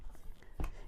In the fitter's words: and it locks into place like that